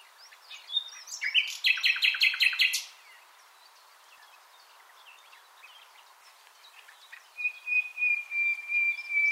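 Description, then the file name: Common nightingale song phrase: scattered clicks lead into a fast rattling trill of repeated notes, then quiet, then a long thin whistle and soft notes. "Luscinia megarhynchos"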